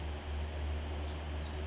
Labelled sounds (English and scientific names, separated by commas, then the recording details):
Pacific Wren (Troglodytes pacificus)
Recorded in Sonoma County, California